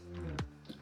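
With the handle removed from a 2025 Mercedes Sprinter 2500 van door, a finger pulls the exposed metal door latch out to release it, giving a short click at 0.4 s in place of the handle. Background music plays throughout, and a softer tap follows near 0.7 s. The latch is released.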